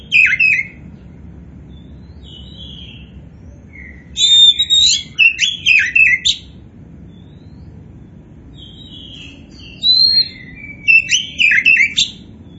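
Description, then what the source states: Oriental magpie-robin song of varied whistled and scratchy notes. Three groups of quick phrases are separated by pauses of a few seconds. Kacer poci variety, described as gacor (singing vigorously).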